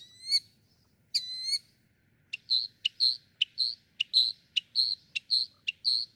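Northern mockingbird song: two clear whistled notes, then a brisk series of short buzzy chips with sharp clicks between them.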